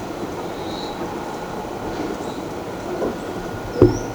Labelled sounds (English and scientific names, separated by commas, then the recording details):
Ochre-lored Flatbill (Tolmomyias flaviventris)
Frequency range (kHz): Ochre-lored Flatbill (Tolmomyias flaviventris) 4.4-7.2 kHz
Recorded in shrubland near Pivijay, Magdalena, Colombia, on 13 April 2023 at 15:30
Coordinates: 10.453, -74.365
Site P5-G022